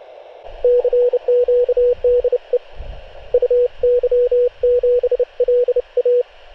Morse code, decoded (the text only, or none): CQ DE UY7LA